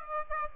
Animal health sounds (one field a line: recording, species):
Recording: mosquito wingbeat signal from an infrared sensor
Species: Aedes aegypti